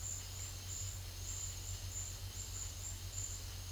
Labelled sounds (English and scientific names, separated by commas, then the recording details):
none
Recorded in secondary vegetation near Puerto Asís, Putumayo, Colombia, on 28 February 2025 at 11:00
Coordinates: 0.500, -76.326
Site GP04